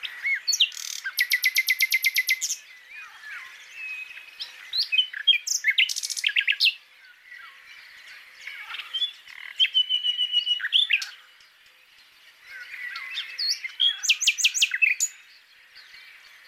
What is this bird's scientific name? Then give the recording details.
Luscinia megarhynchos. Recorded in the wild. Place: Waltershofen / Freiburg im Breisgau, Baden-Württemberg, DE. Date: 2003-05-31. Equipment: MiniDisc Sharp MT 20 H, Sennheiser MKH 816. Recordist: Schwarz, Dieter